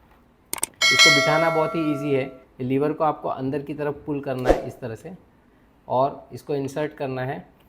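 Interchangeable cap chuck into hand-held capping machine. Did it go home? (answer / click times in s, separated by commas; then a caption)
no / none. An interchangeable cap chuck is handled for a hand-held bottle capping machine while someone talks: the lever is pulled inward and the chuck is inserted. Brief sharp metallic clanks around 0.5–0.7 s are followed by a ringing tone near 1 s. The clip ends before the chuck goes home, and nothing has seated or clicked yet.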